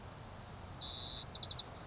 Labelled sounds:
White-crowned Sparrow (Zonotrichia leucophrys)
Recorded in Sonoma County, California

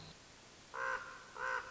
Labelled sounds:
Common Raven (Corvus corax)
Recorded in Sonoma County, California

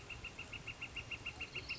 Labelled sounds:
Northern Flicker (Colaptes auratus)
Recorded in Sonoma County, California

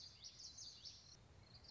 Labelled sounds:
Common Yellowthroat (Geothlypis trichas)
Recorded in Sonoma County, California

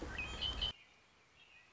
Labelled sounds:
Red-winged Blackbird (Agelaius phoeniceus)
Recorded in Sonoma County, California

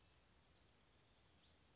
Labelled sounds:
California Towhee (Melozone crissalis)
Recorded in Sonoma County, California

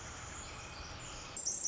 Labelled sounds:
Pacific Wren (Troglodytes pacificus)
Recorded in Sonoma County, California

